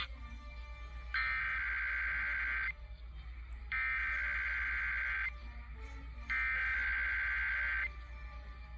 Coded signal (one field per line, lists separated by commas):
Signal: Emergency Alert System (SAME) tones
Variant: header bursts